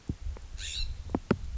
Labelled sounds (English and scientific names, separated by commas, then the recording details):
California Scrub-Jay (Aphelocoma californica)
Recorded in Sonoma County, California